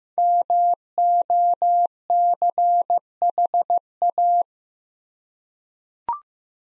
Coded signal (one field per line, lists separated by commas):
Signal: Morse code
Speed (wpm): 15 wpm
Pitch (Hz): 700 Hz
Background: none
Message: MOCHA